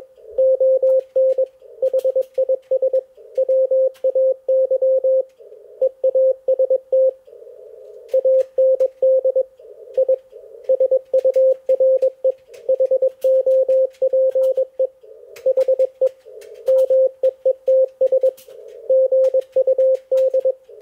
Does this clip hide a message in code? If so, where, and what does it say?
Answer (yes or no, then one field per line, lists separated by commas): yes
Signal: Morse code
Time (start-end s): 0.4-20.5 s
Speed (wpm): 20 wpm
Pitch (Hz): 520 Hz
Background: none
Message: ON HIS WAY EAST AND I SURE HOPE HE MEETS GUD